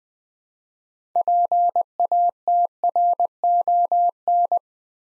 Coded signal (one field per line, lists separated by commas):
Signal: Morse code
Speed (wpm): 20 wpm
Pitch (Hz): 700 Hz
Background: none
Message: PATRON